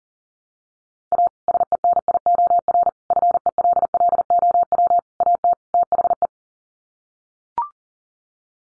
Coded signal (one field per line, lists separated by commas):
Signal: Morse code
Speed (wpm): 40 wpm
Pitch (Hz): 700 Hz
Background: none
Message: A SENIOR FELLOW AT THE